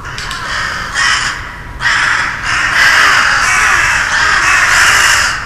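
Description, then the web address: Crow cawing: a series of harsh, drawn-out caws, some running together into long rasping calls, over a steady background hiss. "karasumanual files voice 6"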